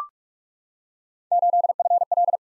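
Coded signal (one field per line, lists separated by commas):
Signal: Morse code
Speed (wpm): 44 wpm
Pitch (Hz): 700 Hz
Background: none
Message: 8FL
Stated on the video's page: Morse practice of random three-character letter-number groups at 45 wpm, each group sent, spoken, then sent again, for head-copy.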